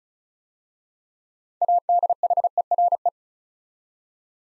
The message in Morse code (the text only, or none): ADHERE